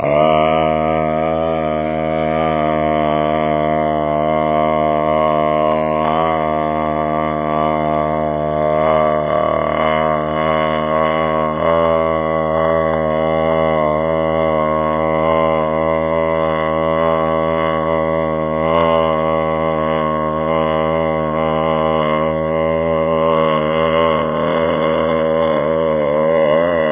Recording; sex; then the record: sustained vowel /a/; male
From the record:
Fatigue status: no fatigue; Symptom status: asymptomatic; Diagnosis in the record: COVID-19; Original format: 3gp